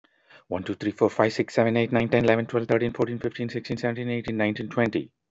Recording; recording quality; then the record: counting at a fast pace; excellent, no background noise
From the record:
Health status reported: healthy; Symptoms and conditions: diabetes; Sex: male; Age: 50 years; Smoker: not ticked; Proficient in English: yes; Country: United States